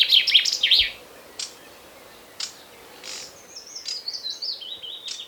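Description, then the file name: Common chaffinch song: a brief burst of high chirpy notes, then a long trill stepping down in pitch; a few sharp clicks between. "Fringilla coelebs"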